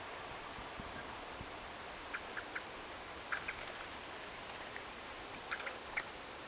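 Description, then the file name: European robin giving sharp, very high ticks, mostly in quick pairs spaced over a few seconds, against steady soft hiss. "Erithacus rubecula"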